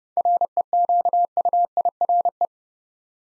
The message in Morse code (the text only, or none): REQUIRE